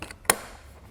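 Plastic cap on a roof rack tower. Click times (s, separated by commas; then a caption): 0.3 s. After the top bolt is fully tightened, the plastic cap on a Yakima RidgeLine roof rack tower for flush rails on a 2015 Jeep Grand Cherokee is pressed closed. A few faint ticks come first, then a sharp, bright snap at 0.3 s as the cap clicks shut and seats. A quiet tail follows.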